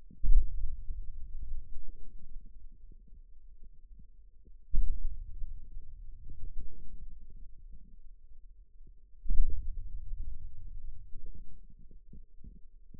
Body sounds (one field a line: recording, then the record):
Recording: forearm muscle sounds (acoustic myography)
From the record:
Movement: hand opening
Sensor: system 2, bracelet of six BSWA MPA416 microphones around the upper forearm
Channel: 5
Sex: male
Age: 22 years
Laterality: right